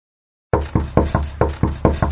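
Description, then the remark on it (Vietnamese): A run of about seven firm, evenly spaced knocks on a room door, each a sharp thud with a brief resonant tail, starting after a moment of silence with no voices. “Vừa lúc đó, ngoài cửa truyền đến vài tiếng đập cửa.”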